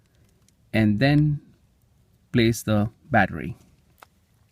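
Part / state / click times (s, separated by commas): battery into smartphone housing / not seated / none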